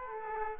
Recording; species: mosquito wingbeat signal from an infrared sensor; Aedes aegypti